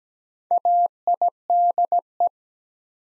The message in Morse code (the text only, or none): AIDE